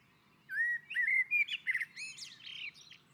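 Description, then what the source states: Common blackbird song: a single phrase of clear whistles that breaks into a scratchy, buzzy high twitter. On a roof.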